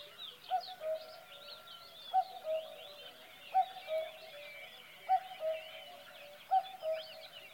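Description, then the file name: Cuckoo repeating a clear, falling two-note cu-coo five times at regular intervals over a dense background of chirping birds. "minutes of cuckoos"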